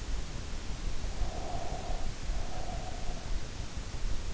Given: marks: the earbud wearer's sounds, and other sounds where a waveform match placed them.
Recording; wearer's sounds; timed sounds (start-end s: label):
sounds in sleep by an in-ear microphone; breath
1.17-3.34 s: breath